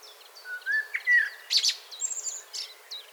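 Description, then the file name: Common blackbird song: smooth, low flute-like notes followed by harsh, high squeaky twitters and a few thin whistles. "Turdus merula 181122"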